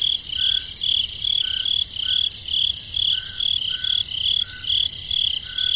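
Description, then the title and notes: Dense cricket chorus of shrill steady trills and pulsing chirps, joined by a lower chirp at irregular intervals. Crickets in the forest at night. "Peaceful Cricket Sounds at Night - Calming Sounds of Nature. relaxing crickets in the forest at night. Sleep and Relaxation Podcast"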